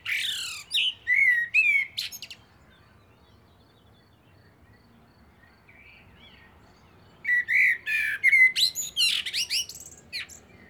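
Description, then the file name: Common blackbird singing: a mellow whistled phrase ending in shrill twittering notes, then a long pause before a second, more elaborate phrase. "Turdus merula"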